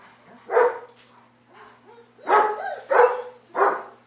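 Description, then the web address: German Shepherd giving four rough barks, one alone and then three in a closer run, with a faint low hum underneath. Dogs barking in a kennel. "Big Room Sound Dogs German Shepherd Kennel Barking"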